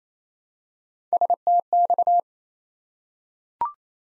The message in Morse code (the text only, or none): STX